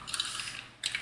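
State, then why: Not seated. A plastic gear piece is being handled and fitted onto the foot assembly of a die-cast and plastic Fanhome Optimus Prime partwork model robot, stage 8. Light plastic clicks and rattles sound around 0.1–0.2 s and 0.6 s, then the clip falls quiet before a final cluster of sharper taps near 0.9 s. Nothing has seated or clicked into place yet.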